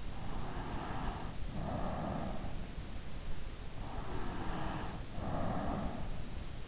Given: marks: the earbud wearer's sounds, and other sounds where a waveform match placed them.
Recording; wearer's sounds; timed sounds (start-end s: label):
sounds in sleep by an in-ear microphone; breath
0.00-2.77 s: breath
3.51-6.25 s: breath